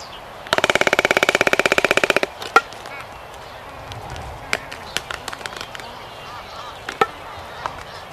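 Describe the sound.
Waved albatross giving a rapid wooden rattle lasting nearly two seconds, then sporadic sharp clacks.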